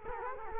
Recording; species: mosquito wingbeat signal from an infrared sensor; Culex quinquefasciatus